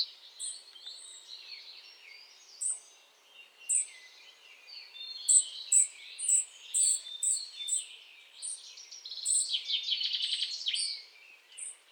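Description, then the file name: European robin singing a varied string of twittering phrases, broken by sharp, very high thin notes, with a rapid trill near the end. "Erithacus rubecula"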